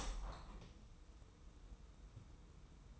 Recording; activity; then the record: daily activity, microphone in the room; open window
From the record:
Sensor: 1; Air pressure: 990.4 hPa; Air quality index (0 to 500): 169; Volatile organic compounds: 1000 ppm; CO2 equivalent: 6178 ppm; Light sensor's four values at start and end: 21/46/20/22 and 21/48/20/22